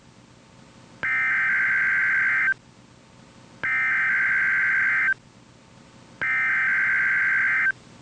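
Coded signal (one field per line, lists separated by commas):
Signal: Emergency Alert System (SAME) tones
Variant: header bursts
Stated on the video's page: NOAA Weather Radio required weekly test with a live voice and old NWR voices, after a transmitter move to improve quality.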